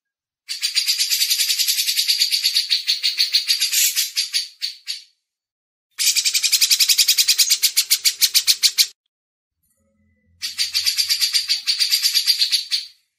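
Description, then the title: Grey-cheeked bulbul producing three long bursts of fast raspy rattling notes with quiet pauses between them. Masteran audio used as tutor recording for training cage birds. "MASTERAN CUCAK JENGGOT"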